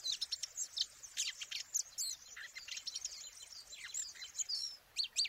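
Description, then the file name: Eurasian blackcap delivering rapid high chirps and thin twittering phrases almost without pause, a few down-slurred notes standing out, with light background hiss. "Sylvia atricapilla"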